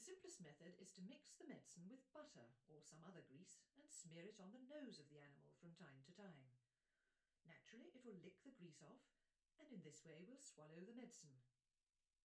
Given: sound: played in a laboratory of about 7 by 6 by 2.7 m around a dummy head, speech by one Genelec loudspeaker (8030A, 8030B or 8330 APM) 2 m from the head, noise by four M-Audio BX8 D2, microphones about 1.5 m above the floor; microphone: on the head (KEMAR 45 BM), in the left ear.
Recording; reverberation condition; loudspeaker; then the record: female speech in English; low; 60 degrees to the right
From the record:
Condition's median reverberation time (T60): about 310 ms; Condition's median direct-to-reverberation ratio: about 3.5 dB